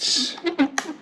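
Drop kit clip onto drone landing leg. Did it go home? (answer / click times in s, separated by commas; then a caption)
yes / 0.8 s. A plastic clip from an Air Drop kit is opened and pressed onto the end of a Mavic Air 2 drone's landing leg while someone talks. A sharp snap is heard at 0.8 s as the clip seats on the leg.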